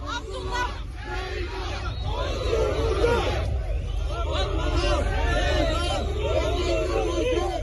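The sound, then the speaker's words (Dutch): A large crowd of protesters, supporters of Kurdish candidate Abdullah Zeydan, chants and shouts in the streets of Van, Turkey, calling out that they stand up for him: a dense, continuous roar of voices, with rising and falling yells layered over a steady low rumble, loud throughout. “Dit zijn aanhangers van die Koerdische kandidaat, Abdullah Zeydan. We komen voor je op, roepen zij.”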